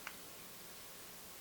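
A plastic housing part is pressed back into the body of a Galaxy S3 smartphone during reassembly after a screen digitizer replacement. A single short, sharp click sounds at 0.1 s, followed by faint steady hiss. The part snaps into place and is seated.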